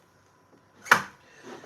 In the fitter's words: And it clicks into place.